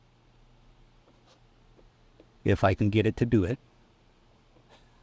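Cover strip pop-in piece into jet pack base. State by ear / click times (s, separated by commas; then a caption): not seated / none. Someone talks briefly while handling a 3D printed plastic cover strip for the top of a Death Watch Mandalorian jet pack, getting its pop-in tab ready to push into the jet pack base. Before and after the talking, only faint low handling noise is heard. The strip has not seated or clicked into the base yet.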